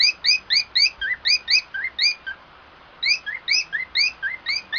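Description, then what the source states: Cockatiel song: brisk rising chirps in two pitch layers, a steady run, a short gap around two and a half seconds, then more chirping. Song of a white-faced cockatiel.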